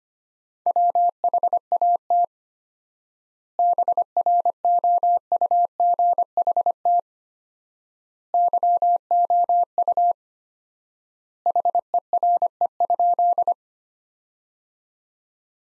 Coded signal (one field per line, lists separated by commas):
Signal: Morse code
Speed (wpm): 25 wpm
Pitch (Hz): 700 Hz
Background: none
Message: WHAT BROUGHT YOU HERE?